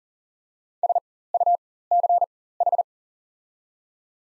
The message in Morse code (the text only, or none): SUCH